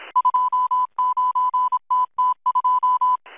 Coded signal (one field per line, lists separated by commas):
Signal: Morse code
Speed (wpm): 26 wpm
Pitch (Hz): 1000 Hz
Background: music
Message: 29TT2